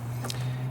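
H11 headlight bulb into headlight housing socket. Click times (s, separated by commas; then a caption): 0.3 s. A new H11 low-beam halogen bulb for a 2020–2025 Nissan Sentra is pushed, tabs lined up, into the plastic headlight housing socket until it snaps in, before being turned clockwise to lock. A single sharp, short snap is heard at 0.3 s over a steady low hum. The bulb is seated.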